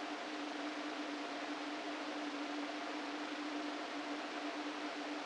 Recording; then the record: brain microelectrode recording played as sound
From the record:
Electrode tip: inside the subthalamic nucleus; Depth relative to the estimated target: 0 mm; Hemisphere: right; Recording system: NeuroSet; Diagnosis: Parkinson's disease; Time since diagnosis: 13 years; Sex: male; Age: 49 years